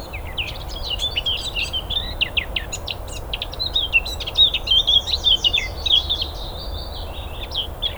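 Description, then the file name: Eurasian blackcap song, a fast, rich warble of varied chirps and fluty notes running almost nonstop over low background noise. "Sylvia atricapilla"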